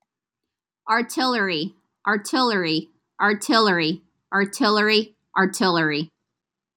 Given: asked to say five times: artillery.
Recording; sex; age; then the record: repeated word; female; 20 to 29 years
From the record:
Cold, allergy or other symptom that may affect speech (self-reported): no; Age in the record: 24 years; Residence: Texas, United States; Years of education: 16